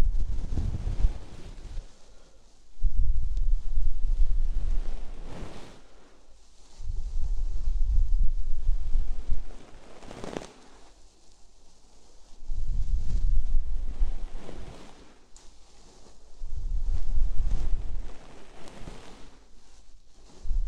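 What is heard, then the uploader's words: Gentle brushing across a microphone for ear cleaning, in slow repeating passes of about two seconds each, separated by short near-silent pauses. Each stroke is a soft, low, rumbling rustle with a faint airy hiss above it, and a sharper brush sound lands near ten seconds. Massage Gentle Brush Ear Cleaning.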